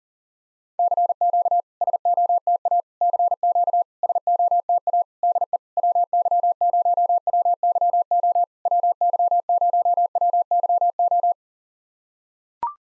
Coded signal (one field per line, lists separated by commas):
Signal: Morse code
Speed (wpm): 41 wpm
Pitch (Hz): 700 Hz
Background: none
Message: CQ SOTA CQ SOTA DE WY0WYO WY0WYO